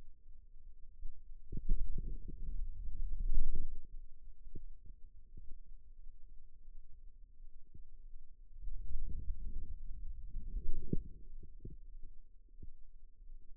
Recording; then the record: forearm muscle sounds (acoustic myography)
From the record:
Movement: wrist flexion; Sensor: system 2, bracelet of six BSWA MPA416 microphones around the upper forearm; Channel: 1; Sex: male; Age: 22 years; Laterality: right